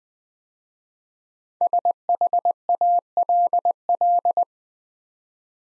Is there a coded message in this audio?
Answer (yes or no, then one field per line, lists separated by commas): yes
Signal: Morse code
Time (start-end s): 1.6-4.4 s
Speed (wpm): 20 wpm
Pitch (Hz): 700 Hz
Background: none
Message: SHALL